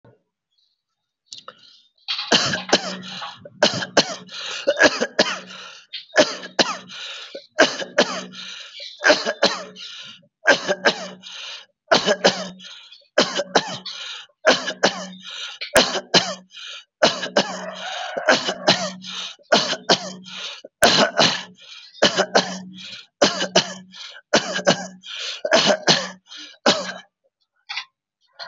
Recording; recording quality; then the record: heavy voluntary cough; excellent, no background noise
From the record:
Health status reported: COVID-19 positive, no symptoms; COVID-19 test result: positive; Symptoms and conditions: diabetes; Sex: male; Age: 47 years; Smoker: not ticked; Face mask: worn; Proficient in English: no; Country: India